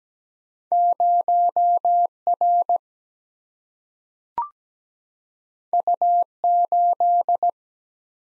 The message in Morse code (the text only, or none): 0 R U 8